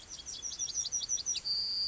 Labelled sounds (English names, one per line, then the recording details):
Yellowhammer song
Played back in grassland
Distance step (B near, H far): E
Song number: 149